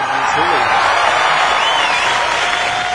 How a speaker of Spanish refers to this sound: También demos un caluroso aplauso para la señora Carmen Salinas.